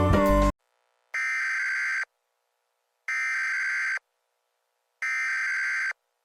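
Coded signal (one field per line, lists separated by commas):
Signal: Emergency Alert System (SAME) tones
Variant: header bursts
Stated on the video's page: Fictional emergency alert scenario about a tornado, not a real activation.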